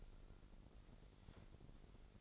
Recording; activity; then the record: daily activity, microphone in the room; take from stove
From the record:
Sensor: 5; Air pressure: 1012.1 hPa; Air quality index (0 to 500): 241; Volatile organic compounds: 4 ppm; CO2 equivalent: 1599 ppm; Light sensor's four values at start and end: 42/94/41/44 and 43/98/41/45